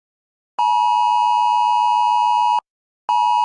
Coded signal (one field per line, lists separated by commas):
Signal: Emergency Alert System (SAME) tones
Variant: 853 and 960 Hz attention tone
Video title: IAN'S INSANITY... | EAS Alerts from 9/26/22 - 9/28/22 | EAS #215-237